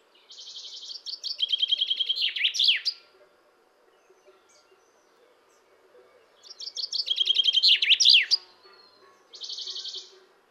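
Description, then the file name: Common chaffinch song: two bright descending trills, each ending in a sharp terminal flourish, about six seconds apart, then a short thin trill fragment at the end. "Fringilla coelebs"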